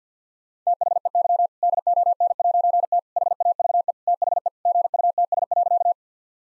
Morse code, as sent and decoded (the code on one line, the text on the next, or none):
- .... . -.-- / -.. --- -. .----. - / .... .- ...- . / - .... . / --. ..- - ... .-.-.-
THEY DON'T HAVE THE GUTS.